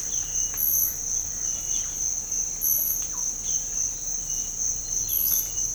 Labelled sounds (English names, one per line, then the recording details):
Russet-backed Oropendola
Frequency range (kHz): Russet-backed Oropendola 0.3-2.4 kHz
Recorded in pastures near Puerto Asís, Putumayo, Colombia, on 26 December 2024 at 06:00
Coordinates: 0.496, -76.326
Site G004